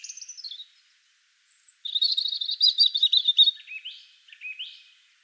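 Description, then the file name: European robin song: a thin, falling high phrase, a pause, then a rapid jumbled trill with shifting high notes, fading at the end. "Erithacus rubecula"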